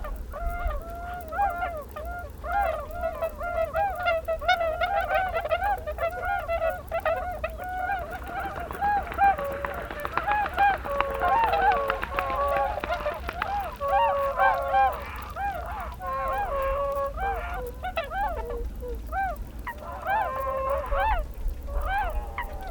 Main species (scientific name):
Cygnus columbianus